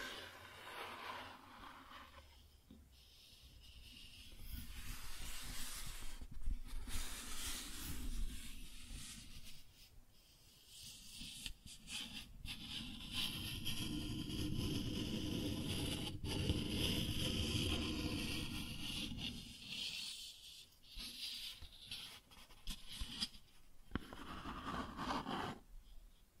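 Cardboard being scratched and dragged, with rough scraping strokes that swell and fade in uneven bursts. Sharp cracks and snaps break in every few seconds, and a long, dense stretch of grinding scrape fills the middle of the recording, from about ten to twenty seconds.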